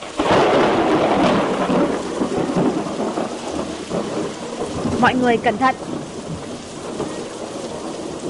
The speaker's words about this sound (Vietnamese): Một luồng sáng cực lớn bùng lên, sóng to mưa lớn, gió quận mây vần sầm sập tuôn trào. Bao tiếng nổ lớn vang lên liên tiếp.